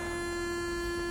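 After rear brake pads are replaced on a 190D or 190E, the parking brake on the car's rear brakes is being handled. A steady tonal hum with a strong low pitch and faint higher harmonics runs throughout, with no distinct clicks or sharp sounds. The parking brake ratchet has not clicked yet.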